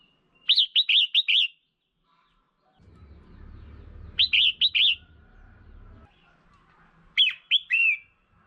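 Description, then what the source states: Red-whiskered bulbul giving quick phrases of three to four lively, chirpy notes, three bursts in all, with a brief low rumble between them. Female bird.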